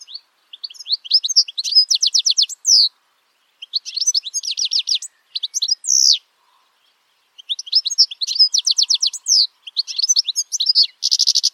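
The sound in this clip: Bird song in three phrases separated by short pauses, each mixing fast chirps, rapid trilled runs and a buzzy slur, the last ending in a dense buzz.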